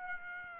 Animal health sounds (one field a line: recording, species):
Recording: mosquito wingbeat signal from an infrared sensor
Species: Aedes aegypti